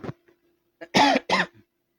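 An adult man gives two short, forceful cough bursts about a third of a second apart, each with a rough, voiced quality. Faint breath noises come before and after in an otherwise quiet room. It is an ordinary cough.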